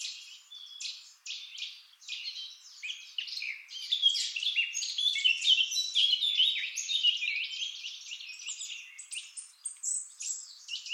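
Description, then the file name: Eurasian blackcap warbling continuously, a dense, hurried stream of squeaky and chattering high notes with barely a break throughout. "Sylvia atricapilla"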